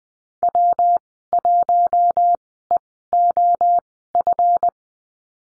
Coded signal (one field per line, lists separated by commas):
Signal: Morse code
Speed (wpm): 20 wpm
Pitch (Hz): 700 Hz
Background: none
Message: W1EOF